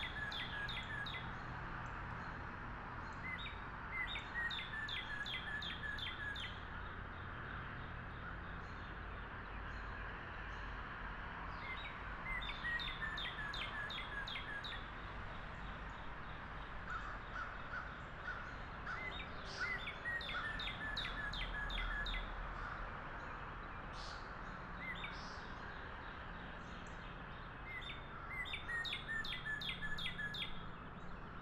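Morning in a Wakefield, Rhode Island backyard, with birds chirping over a steady hiss of background noise. One bird repeats a bright, rapid trill about every eight seconds, while softer calls and a low rumble continue underneath throughout.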